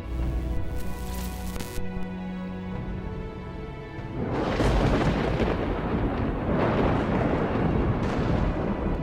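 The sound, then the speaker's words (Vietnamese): A sustained, humming tonal drone gives way halfway through to a loud, deafening, continuous roar of rolling thunder with lightning in the sky, rumbling on without pause until the end, with no speech. “Sấm chớp ở trên trời đánh lên đùng đùng đến đinh tai nhức óc.”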